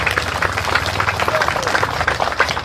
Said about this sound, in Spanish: Una vez más, un fuerte aplauso, pero fuerte, o no se quieren, compañeros, fuerte para ustedes.